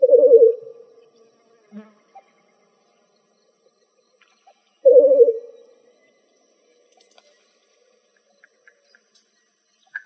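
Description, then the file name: Least bittern giving a low, throbbing series of rapid coos twice, each fading quickly, with faint ticks between. Recorded in Arizona on 4 October 2004. "AZFO LEBI 3 Deviche"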